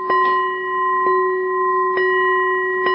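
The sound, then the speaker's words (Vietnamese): A Buddhist bell is struck four times at a steady pace, each loud strike adding to a continuous, resonant ringing hum that never fades between blows. “Thiền chúng không phải đánh nhỏ mà đánh kêu nó ngân. Đánh lớn nhưng mà nó vẫn phải ngân.”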